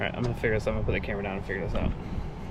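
After a charger error, a heavy DC fast-charging cable connector is handled at an electric car's charge inlet while someone talks over steady background noise. Nothing has seated or clicked yet; the heavy cable does not click in very well.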